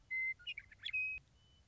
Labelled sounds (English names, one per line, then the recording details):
Western Meadowlark
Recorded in Sonoma County, California